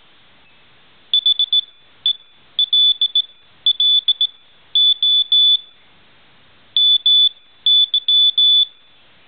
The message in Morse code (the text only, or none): HELLO MY